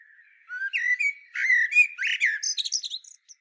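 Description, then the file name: Common blackbird song phrase: a few clear fluted notes leading into rapid, squeaky high-pitched twittering. "Turdus merula"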